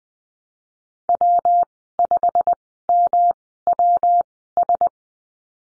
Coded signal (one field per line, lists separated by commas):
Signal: Morse code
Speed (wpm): 19 wpm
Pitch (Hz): 700 Hz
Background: none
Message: W5MWS